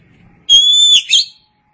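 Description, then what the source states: Oriental magpie-robin: songbird giving a clear, level whistled note held half a second, ending in a brief buzzy flourish. Chirping song.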